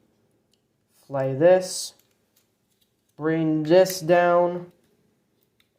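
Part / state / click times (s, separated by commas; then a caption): figure arm into torso tab / seated / 5.4 s, 5.6 s. Someone talks while folding down the plastic arm of a Transformers Prime Voyager Class Predaking transforming action figure and tabbing it underneath into the torso tab. After the talking stops, two small, sharp clicks at 5.4 s and 5.6 s mark the arm locking into place.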